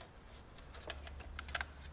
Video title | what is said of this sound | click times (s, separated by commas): VE Commodore SV6 engine replacement - Brutus' Heart Surgery Continues | this one should come back with a click and | 1.4 s, 1.5 s